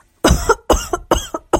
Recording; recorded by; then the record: voluntary cough; messaging app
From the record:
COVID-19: negative